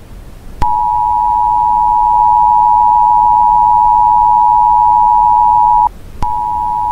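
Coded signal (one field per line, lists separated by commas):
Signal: Emergency Alert System (SAME) tones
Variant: 853 and 960 Hz attention tone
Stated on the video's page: Mock nuclear power plant warning built with real EAS headers, styled after a PBS Kids interruption.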